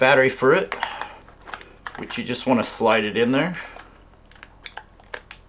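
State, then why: Seated. Someone talks while a battery pack is slid into the back of a Radioddity GS-10B Pro handheld radio, with small scraping clicks as it goes on. The pack is pushed forward and locks in place, giving two sharp latch clicks at 5.1 and 5.3 seconds.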